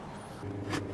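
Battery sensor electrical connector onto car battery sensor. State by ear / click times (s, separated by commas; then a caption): not seated / none. A battery sensor electrical connector is handled at the battery sensor of a Mini Cooper's car battery, just before being pushed back on. A steady low hum runs throughout, with a brief faint high tone early on and a short broadband rush around 0.7–0.8 s. Nothing has seated or clicked yet.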